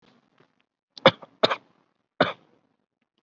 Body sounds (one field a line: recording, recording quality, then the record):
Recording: shallow voluntary cough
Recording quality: excellent, no background noise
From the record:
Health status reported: COVID-19 positive, mild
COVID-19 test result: positive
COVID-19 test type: RT-PCR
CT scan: not taken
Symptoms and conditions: cough, breathing difficulty, fatigue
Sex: male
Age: 30 years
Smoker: no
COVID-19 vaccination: none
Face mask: not worn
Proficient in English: yes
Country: India